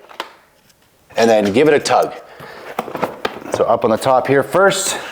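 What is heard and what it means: The ignition key for a KTM 890 is inserted into the motorcycle's seat lock keyhole and turned to release the seat latch, giving a sharp click at 0.2 s. The seat lock clicks open and the seat is released, after which someone talks while a few more short knocks are heard.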